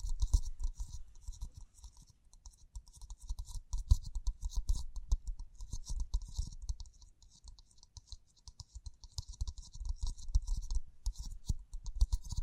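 Busy tapping and scratching with soft brushing, a dense run of quick irregular clicks over a low thump and bright crisp hiss.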